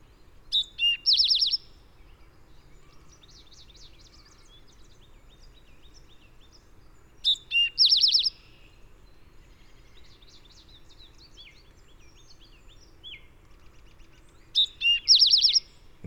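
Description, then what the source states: Eastern Towhee song: three phrases about seven seconds apart, each two sharp clear notes followed by a quick buzzy trill, with soft twittering from other birds in between. Drink-your-tea song, sung from a tall tree at the edge of a driveway.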